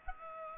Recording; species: mosquito wingbeat signal from an infrared sensor; Aedes aegypti